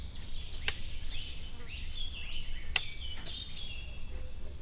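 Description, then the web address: Bactrian camel tail slaps, two sharp cracking smacks about two seconds apart, amid busy high bird chirping and a low background hum. Captive male at a zoo in Miskolc, Hungary, recorded in 2018, slapping its back with its tail. "2018 ketpupu teve levizeltfarkavalahatatcsapkodohim"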